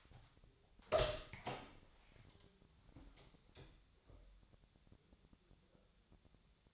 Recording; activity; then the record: daily activity, microphone in the room; open door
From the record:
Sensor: 3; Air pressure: 1007.5 hPa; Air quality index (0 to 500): 194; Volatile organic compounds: 15 ppm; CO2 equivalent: 2494 ppm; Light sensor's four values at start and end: 12/29/12/12 and 12/29/12/12